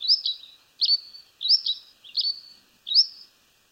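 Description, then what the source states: Sierra finch giving five short high chirps, each with a brief trailing tail, spaced under a second apart against a quiet background. In Patagonia.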